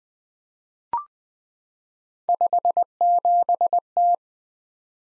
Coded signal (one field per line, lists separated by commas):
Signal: Morse code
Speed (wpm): 20 wpm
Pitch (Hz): 700 Hz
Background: none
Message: 57T